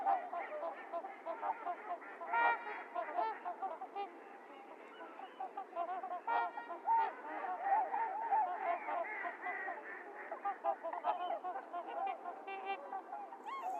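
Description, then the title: Trumpeter swans trumpeting in a large flock, bursts of louder honks coming in waves over a steady background of many calling birds. Recorded 28 January 2022; several swans; low frequencies filtered out. "1 28 22 trumpeter swans lowcut"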